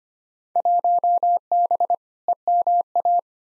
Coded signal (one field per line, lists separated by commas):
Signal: Morse code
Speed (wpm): 25 wpm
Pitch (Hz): 700 Hz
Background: none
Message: 1B EMA